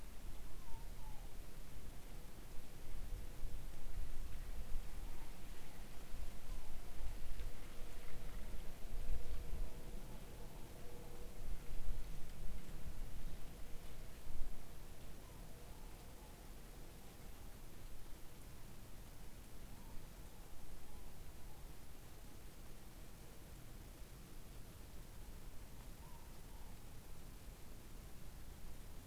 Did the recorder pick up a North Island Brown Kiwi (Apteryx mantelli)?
no